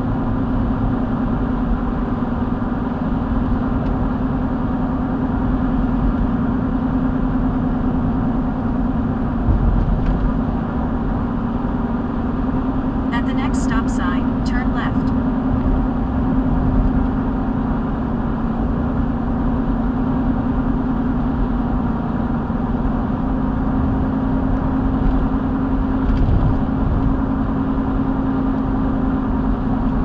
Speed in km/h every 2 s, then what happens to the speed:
87, 90, 90, 89, 87, 89, 89, 89, 87, 87, 89, 89, 89, 90, 89.
0-30 steady at about 89.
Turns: none.